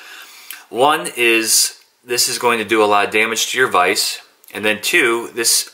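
A steel fly-tying hook clamped only at the very tip of the metal vise jaws slips free with a sharp snap at 0.5 s, showing the wrong way to set it. Someone talks throughout.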